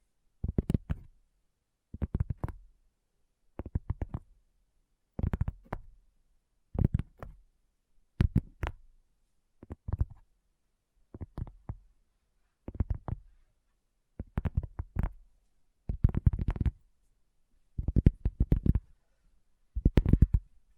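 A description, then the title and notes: Tapping comes in short clusters of quick, dull knocks roughly every second and a half, with silence between each burst. ASMR Addictive Tapping. (No Talking).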